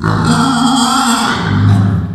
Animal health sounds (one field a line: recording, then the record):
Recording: squeal of a Yucatan mini pig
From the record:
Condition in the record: after surgery on the right vocal fold (resection and tissue-engineered implant)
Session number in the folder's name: 16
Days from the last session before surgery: 183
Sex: female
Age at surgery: 19 weeks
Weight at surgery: 25 kg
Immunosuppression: prednisolone